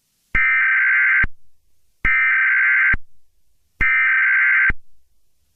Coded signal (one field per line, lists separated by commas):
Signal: Emergency Alert System (SAME) tones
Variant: header bursts